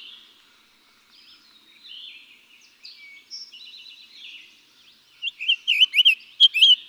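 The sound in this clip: Summer tanager song of quick, slurred up-and-down notes near the end, after several seconds of softer warbling.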